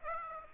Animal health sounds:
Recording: mosquito wingbeat signal from an infrared sensor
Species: Aedes aegypti

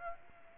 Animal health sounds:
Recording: mosquito wingbeat signal from an infrared sensor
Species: Aedes aegypti

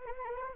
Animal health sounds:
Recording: mosquito wingbeat signal from an infrared sensor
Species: Anopheles arabiensis

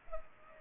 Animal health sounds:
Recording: mosquito wingbeat signal from an infrared sensor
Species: Culex pipiens

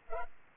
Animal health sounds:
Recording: mosquito wingbeat signal from an infrared sensor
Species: Culex pipiens

